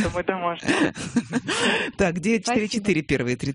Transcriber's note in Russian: Смеется